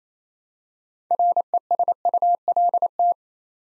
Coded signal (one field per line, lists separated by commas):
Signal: Morse code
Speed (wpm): 27 wpm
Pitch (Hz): 700 Hz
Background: none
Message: RESULT